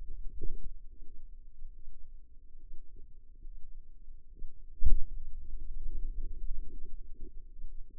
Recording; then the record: forearm muscle sounds (acoustic myography)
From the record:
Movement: finger pinch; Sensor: system 2, bracelet of six BSWA MPA416 microphones around the upper forearm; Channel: 1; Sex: female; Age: 25 years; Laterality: right